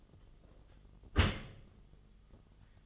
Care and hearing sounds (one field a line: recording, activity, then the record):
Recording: daily activity, microphone in the room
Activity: close dishwasher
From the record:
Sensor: 4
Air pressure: 1005.5 hPa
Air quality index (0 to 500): 112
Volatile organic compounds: 3 ppm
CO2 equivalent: 1397 ppm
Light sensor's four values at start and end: 11/25/10/10 and 11/26/10/10